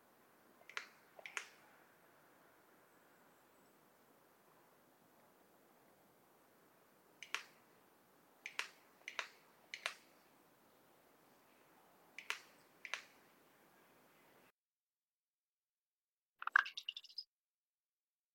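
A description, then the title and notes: A common raven makes sharp, dry bill snaps and tongue clicks, arriving in pairs and short clusters roughly every few seconds over a faint steady hiss. After a brief silence near the end, one brighter, slightly drawn-out click-like sound closes the sequence. Common Raven, Corvus corax, collection of non-vocal "mechanical" or primarily non-vocal sounds, clicking tongues, bill snaps, whistling, etc, isolated Recorded in the beautiful Pacific Northwest, Washington, United States.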